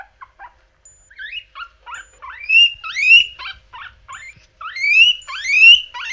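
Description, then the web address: Guinea pig squealing calls, rising whistled wheeks that start short and choppy, then grow longer and louder, sweeping upward. "Meerschweinchen"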